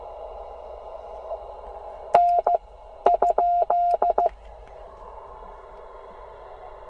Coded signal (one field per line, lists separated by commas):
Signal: Morse code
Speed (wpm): 15 wpm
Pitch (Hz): 700 Hz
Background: none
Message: N ?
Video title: Some CW copy practice from Tennessee with AA4SB today